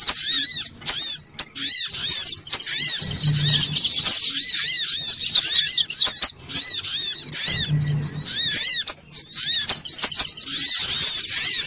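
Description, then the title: Little spiderhunter song: dense, high, rapid chattering and twittering with repeated arched whistled notes, broken by short pauses; a low hum recurs twice. Bird-training (masteran) song. "Masteran Burung Sogok Ontong Labaik"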